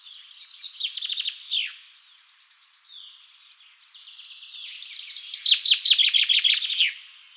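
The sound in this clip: Common chaffinch song, a short descending trill with a terminal flourish, then soft notes, then a louder, longer repeat of the tumbling phrase.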